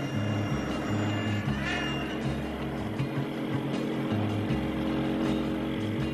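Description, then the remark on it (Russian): A motorcycle engine drones steadily as its rider follows a car, its deep low rumble shifting pitch in abrupt steps as the throttle changes, loud and continuous throughout with no voices. “подходит к мотоциклу.”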